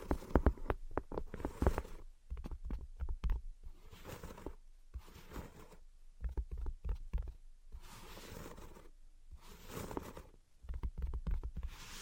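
Tapping and scratching comes in uneven bursts of quick, crackly taps and scrapes, with brief quiet gaps and a soft low rumble underneath.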